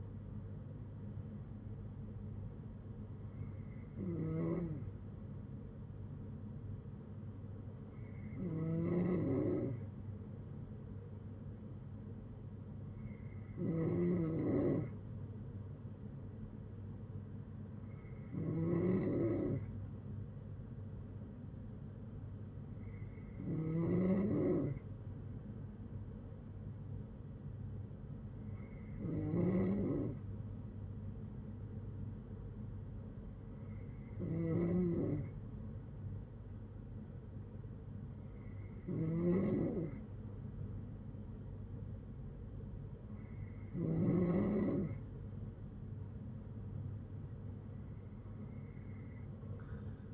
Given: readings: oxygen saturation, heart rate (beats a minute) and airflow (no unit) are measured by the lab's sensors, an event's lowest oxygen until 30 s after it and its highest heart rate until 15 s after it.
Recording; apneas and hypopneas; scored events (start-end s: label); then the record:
breathing in sleep by a smartphone at the bedside; none
3.00-33.00 s: new sleep stage, N2 (light sleep)
33.00-50.14 s: new sleep stage, N3 (deep sleep)
From the record:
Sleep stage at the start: N3 (deep sleep); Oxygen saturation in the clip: 92 to 95%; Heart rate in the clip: 56 to 67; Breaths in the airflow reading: 11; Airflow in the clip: -7.8 to 7.4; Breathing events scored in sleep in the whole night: 182 in 7.4 hours asleep